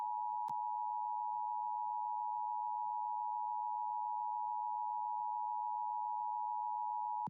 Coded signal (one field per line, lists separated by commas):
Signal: Emergency Alert System (SAME) tones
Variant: 853 and 960 Hz attention tone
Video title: LIVE AM/MW DX: DX Central Live - S. 3, Ep. 26 | Friday, April 21, 2023